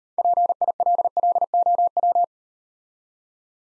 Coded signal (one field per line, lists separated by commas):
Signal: Morse code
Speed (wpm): 36 wpm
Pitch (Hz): 700 Hz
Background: none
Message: PILLOW